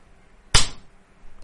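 One loud, sharp slap of a hand across a person's face rings out alone, hard enough to knock them onto a sofa, a crisp smack with a brief fading tail before quiet returns.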